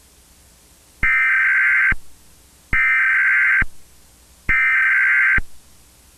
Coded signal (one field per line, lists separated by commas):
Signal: Emergency Alert System (SAME) tones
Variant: header bursts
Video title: [EAS SCENARIO/ANALOG HORROR] - PROJECT: OASIS